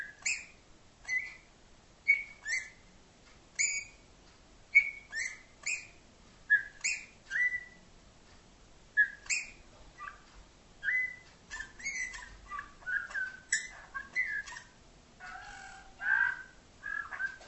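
Bird giving a steady series of short whistled chirps, some rising and some falling, growing more varied toward the end.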